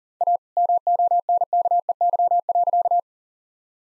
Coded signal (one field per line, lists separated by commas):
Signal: Morse code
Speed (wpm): 40 wpm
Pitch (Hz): 700 Hz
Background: none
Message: A MONKEY.